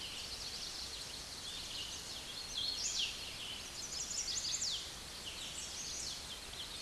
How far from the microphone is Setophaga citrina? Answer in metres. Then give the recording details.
about 25 m. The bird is about 10 m above the microphone. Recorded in a Pennsylvania forest on 16 May 2024 at 08:36. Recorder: AudioMoth, point MSD-2181. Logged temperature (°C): 12.8 °C. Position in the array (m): 146 m, 97 m